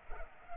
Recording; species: mosquito wingbeat signal from an infrared sensor; Culex pipiens